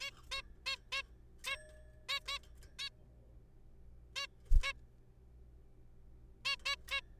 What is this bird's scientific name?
Taeniopygia guttata